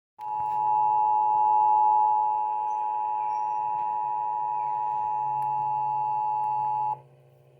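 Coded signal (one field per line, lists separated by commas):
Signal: Emergency Alert System (SAME) tones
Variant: 853 and 960 Hz attention tone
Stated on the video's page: Florida required monthly test.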